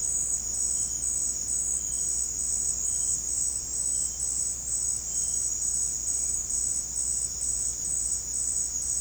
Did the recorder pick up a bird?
no